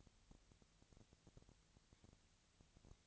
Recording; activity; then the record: daily activity, microphone in the room; no activity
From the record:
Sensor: 3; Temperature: 20.6 degrees Celsius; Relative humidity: 35.7%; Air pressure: 998.8 hPa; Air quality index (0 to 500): 235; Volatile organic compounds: 71 ppm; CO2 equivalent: 3526 ppm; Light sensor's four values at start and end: 2/3/2/2 and 2/3/2/2